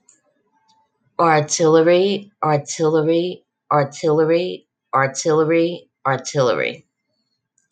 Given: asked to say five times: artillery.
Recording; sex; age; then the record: repeated word; female; 50 to 59 years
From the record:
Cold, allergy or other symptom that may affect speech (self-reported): no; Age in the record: 50 years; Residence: Texas, United States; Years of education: 14